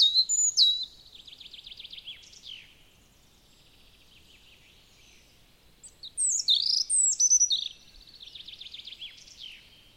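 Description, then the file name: European robin singing two phrases several seconds apart, each mixing high sharp notes with fast rattling trills, trailing off into softer twitters. "Erithacus rubecula"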